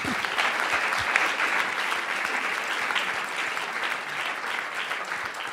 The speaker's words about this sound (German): Das ist auch ein Applaus wert, finde ich.